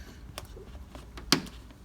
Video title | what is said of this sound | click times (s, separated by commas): How to Remove Door Panel - 2005 Toyota Tacoma Standard Cab + Speaker Installation | there we go hear that click | 1.3 s